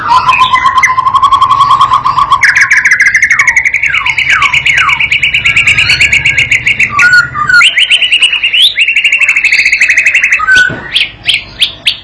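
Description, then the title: White-rumped shama song made of rapid trilled series at two pitch levels, broken by a few downslurred whistles, with a low hum underneath for most of it. Training and lure recording for young birds learning to sing; said to provoke an immediate answering song. "MURAI BATU PAUD BELAJAR GACOR, AJARI DENGAN MASTERAN PANCINGAN INI, PANCING LANGSUNG NYAUT"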